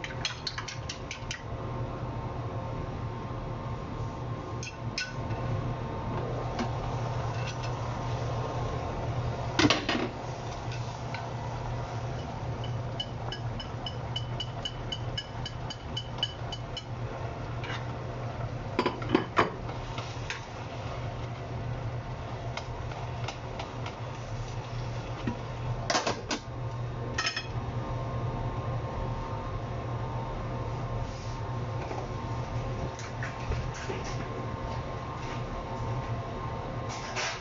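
Kitchen sounds while stir-frying chicken breast and vegetables. A steady low hum runs underneath throughout, with a continuous sizzle and scattered clatter. Sharper knocks of utensils stand out near 10, 19 and 26 seconds, and a brief run of light ticking comes around 12 to 17 seconds.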